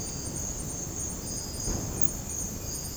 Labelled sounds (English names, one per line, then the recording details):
none
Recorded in dense forest near Puerto Asís, Putumayo, Colombia, on 20 February 2024 at 04:30
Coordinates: 0.486, -76.316
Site G6437